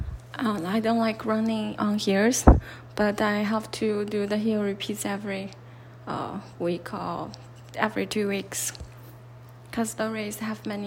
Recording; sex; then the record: free speech after running; female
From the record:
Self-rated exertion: light exertion (2 of 6); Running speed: 6 miles an hour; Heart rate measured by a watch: 107 beats a minute at the start, 100 at the end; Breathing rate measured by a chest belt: 19 breaths a minute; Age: 30 years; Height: 160 cm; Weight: 51 kg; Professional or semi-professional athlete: no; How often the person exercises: 3 to 5 times a week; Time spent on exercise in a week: over 5 hours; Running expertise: no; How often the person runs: 3 to 5 times a week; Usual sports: running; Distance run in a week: 60 km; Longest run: 42 km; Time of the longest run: 267 minutes